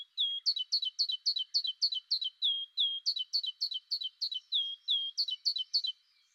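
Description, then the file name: Great tit calls: a fast, steady series of high, sharp two-part notes, each bright note dropping into a short tail, about three or four every second. "Parus major"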